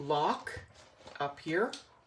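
A small plastic lock at the top of the extendable ruler track on a paper trimmer is handled, the latch that holds the ruler in place for travel. Someone talks over a few faint handling sounds, and the lock has not clicked into place yet.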